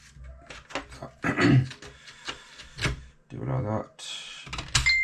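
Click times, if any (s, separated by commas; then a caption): 4.5 s, 4.8 s. During reassembly after a 6WA instrument cluster retrofit on a BMW F30/F31 335d, the plastic instrument cluster surround trim is pressed down into the car's dashboard while someone talks. It snaps home with two sharp clicks at 4.5 s and 4.8 s, and the trim is seated.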